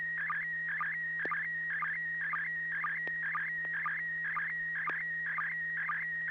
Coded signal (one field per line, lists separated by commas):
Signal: SSTV (slow-scan television)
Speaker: it it actually came through really well for me it's a super good resolution few pixelations I see